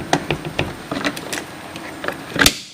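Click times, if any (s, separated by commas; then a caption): 2.4 s, 2.5 s. A plastic RS3 brake cooling duct is worked over the top of the front lower control arm near the height sensor on an MK7 Golf R, with an all-track skid plate making the fit tighter, so it can catch air from under the car and duct it to the brakes. Several short knocks and scrapes of plastic are heard as it is pushed into position. It snaps onto its mount with a quick double click at 2.4 s and 2.5 s, and the duct is seated.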